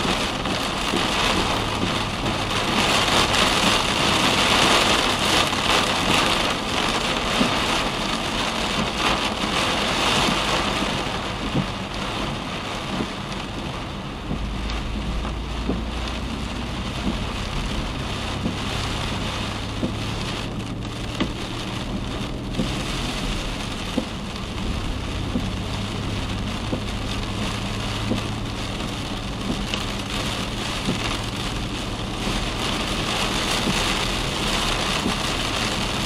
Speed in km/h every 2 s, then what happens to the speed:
52, 47, 46, 43, 41, 35, 33, 38, 44, 47, 53, 59, 61, 66, 67, 69, 71, 70.
0-10 slows to 35. 13-36 speeds up to 70.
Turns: none.